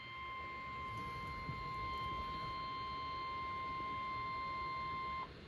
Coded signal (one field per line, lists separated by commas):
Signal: Emergency Alert System (SAME) tones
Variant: 1050 Hz attention tone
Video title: 8/11/26 (EAS #211) Tornado Warning